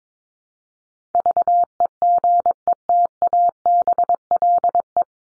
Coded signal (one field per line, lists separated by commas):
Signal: Morse code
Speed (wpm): 22 wpm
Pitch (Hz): 700 Hz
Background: none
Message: VEGETABLE